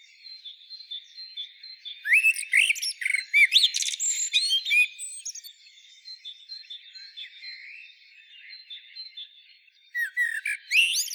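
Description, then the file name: Common blackbird singing, squeaky chuckling phrases and thin high twitters in two bursts, near 2 seconds and again near 10 seconds, with quieter warbling between. "Turdus merula"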